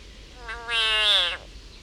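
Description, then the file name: Frog distress scream: a harsh, whining cry with a brief faint lead-in, then a strong sustained note ending in a slight downward slur. Frog in agony. "Yannick Dauby agony of a frog"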